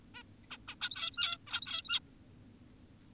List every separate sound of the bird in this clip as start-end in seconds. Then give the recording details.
0.15-0.23, 0.51-0.58, 0.68-0.75, 0.81-1.38, 1.47-2.00. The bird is an adult. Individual g17y2U